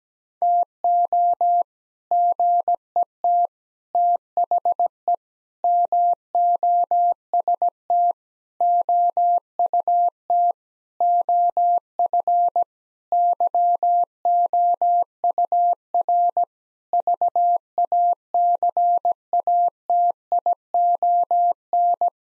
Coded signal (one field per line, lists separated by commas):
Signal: Morse code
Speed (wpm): 17 wpm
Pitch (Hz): 700 Hz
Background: none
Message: TO GET THE MOST OUT OF YOUR VACATION